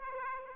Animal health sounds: mosquito wingbeat signal from an infrared sensor; Aedes aegypti

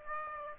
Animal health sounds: mosquito wingbeat signal from an infrared sensor; Aedes aegypti

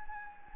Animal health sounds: mosquito wingbeat signal from an infrared sensor; Anopheles gambiae

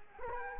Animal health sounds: mosquito wingbeat signal from an infrared sensor; Culex quinquefasciatus

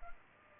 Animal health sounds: mosquito wingbeat signal from an infrared sensor; Culex pipiens

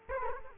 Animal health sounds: mosquito wingbeat signal from an infrared sensor; Culex quinquefasciatus

